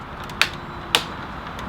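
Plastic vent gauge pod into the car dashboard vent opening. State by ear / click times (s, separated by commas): seated / 0.4 s, 0.9 s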